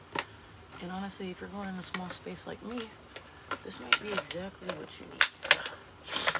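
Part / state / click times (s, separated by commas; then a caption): plastic gardening planter piece onto its mating part / seated / 5.5 s. Someone talks as a plastic gardening planter piece for small-space gardening is pressed onto its mating part. It snaps into place with one sharp click at 5.5 seconds, and the piece is attached.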